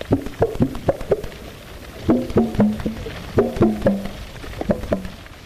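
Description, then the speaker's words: Gray whales calling underwater, low hollow knocks and short pulsed tones in uneven clusters, like drum beats, with brief gaps between bursts. Gray whales communicating underwater in Laguna San Ignacio, a Baja California lagoon in Mexico used as a winter breeding ground; sounds likened to conga drums. "Those are gray whales communicating beneath the water in Laguna San Ignacio, Mexico."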